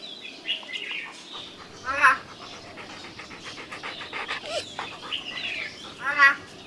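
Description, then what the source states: Mynah giving harsh, speech-like harmonic bursts near two and six seconds, with scattered buzzy chatter and short whistled notes between them. A talking mynah.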